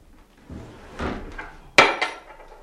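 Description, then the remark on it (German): A stuck wooden drawer is yanked at: a second of grinding, rattling scrapes, then a sudden loud knock as it jerks free, followed by a smaller clunk. “Hier ist eine Schublade, die klemmt. Warten Sie, ich helfe Ihnen.”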